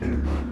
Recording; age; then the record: pig call; growing-finishing pig (85 days or more)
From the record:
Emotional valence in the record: negative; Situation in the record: barren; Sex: female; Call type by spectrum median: low-frequency call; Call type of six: low-frequency stable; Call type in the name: low-frequency stable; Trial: 3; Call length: 0.53 s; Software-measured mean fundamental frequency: 42 Hz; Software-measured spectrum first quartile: 74 Hz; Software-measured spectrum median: 173 Hz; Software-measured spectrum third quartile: 364 Hz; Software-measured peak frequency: 247 Hz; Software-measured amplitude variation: 118 dB a second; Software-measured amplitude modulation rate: 27.6 a second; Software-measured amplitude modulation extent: 4.3 dB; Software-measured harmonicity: -2.0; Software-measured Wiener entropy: -0.78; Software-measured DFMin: 1039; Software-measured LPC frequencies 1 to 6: 259, 1208, 1607, 2389, 4470, 5443 Hz